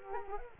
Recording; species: mosquito wingbeat signal from an infrared sensor; Culex quinquefasciatus